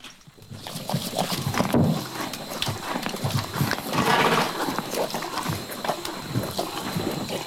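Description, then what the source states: Horse chewing and crunching food, with irregular crisp bites and grinding throughout, a louder burst of crunching near two and four seconds. Eating apples.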